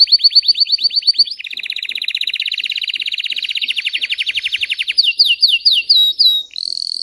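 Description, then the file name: Canary (Belgian, red frosted): canary song: quick chipping notes leading into a long rolling trill, then clear falling whistles and a brief squeaky ending. Belgian canary, red frosted variety. "canto do canario belga vermelho nevado"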